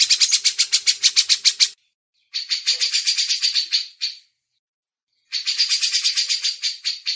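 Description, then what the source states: Grey-cheeked bulbul giving scratchy, fast repeated notes in three separate bursts with quiet gaps between them. Master song used to train songbirds.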